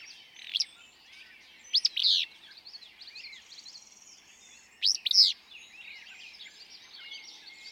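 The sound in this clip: Willow flycatcher song: a short, sneezy burry phrase delivered a few times, amid soft twittering of other birds.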